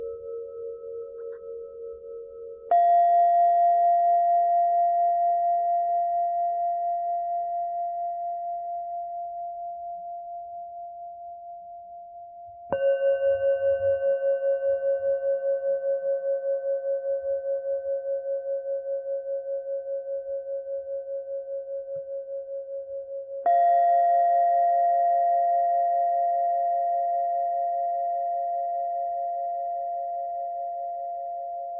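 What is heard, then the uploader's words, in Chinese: A singing bowl is struck three times, at about 3, 13 and 23 seconds, each strike ringing out in a long, steady, slowly fading hum with clear bright overtones above. Each new tone sits at a slightly different pitch, and it is otherwise quiet. 頌缽疗愈。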